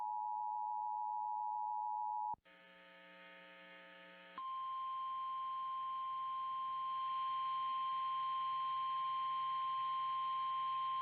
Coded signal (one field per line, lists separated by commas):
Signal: Emergency Alert System (SAME) tones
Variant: 853 and 960 Hz attention tone